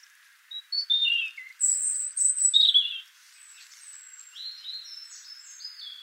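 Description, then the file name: European robin song, a quick run of high thin warbled and trilled notes with sudden pitch jumps, followed by quieter fainter phrases against a soft hiss. "Erithacus rubecula"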